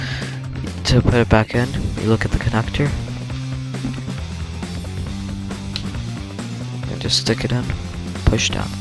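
A DDR4 SO-DIMM memory stick is handled at a laptop's memory slot while someone talks over background music, with a few brief handling knocks. The module has not yet been pressed down, so the side retaining clips have not snapped over it; nothing has seated or clicked yet.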